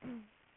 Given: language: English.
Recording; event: throat vibration sensor signal played as sound; throat clearing